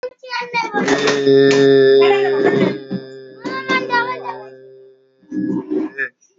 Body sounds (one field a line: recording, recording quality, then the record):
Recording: sustained vowel as in made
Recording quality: moderate, slight background noise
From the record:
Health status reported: respiratory illness, not identified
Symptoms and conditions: none ticked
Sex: male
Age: 35 years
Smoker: not ticked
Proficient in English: yes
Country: India